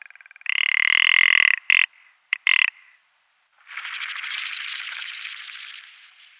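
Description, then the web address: Ptarmigan display: a loud, grating, rattled croak followed by a few clipped notes, then a softer, drawn-out rattling phrase. Male display. "Schulze Peter Ptarmigan"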